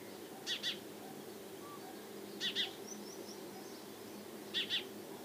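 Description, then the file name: House sparrow chirps, soft paired notes repeated about every two seconds over a steady low hum and background noise. "Passer domesticus"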